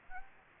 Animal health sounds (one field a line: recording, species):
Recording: mosquito wingbeat signal from an infrared sensor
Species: Aedes aegypti